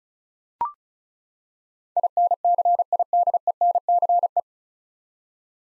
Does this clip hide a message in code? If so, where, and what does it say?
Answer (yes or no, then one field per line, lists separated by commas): yes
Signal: Morse code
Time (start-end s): 2.0-4.4 s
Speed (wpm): 34 wpm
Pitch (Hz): 700 Hz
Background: none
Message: INCIDENCE